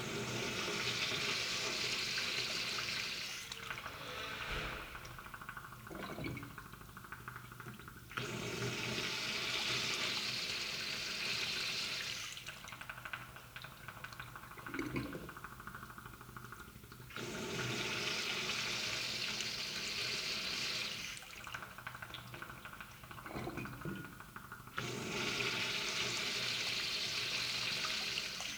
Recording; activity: daily activity, guitar pickup as the sensor; flush